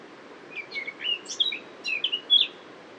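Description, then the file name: Eurasian blackcap singing a quick jumble of clear, varied whistled notes. "Sylvia atricapilla"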